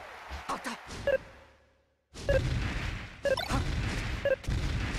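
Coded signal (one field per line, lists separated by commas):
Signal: none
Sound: game beeps during netplay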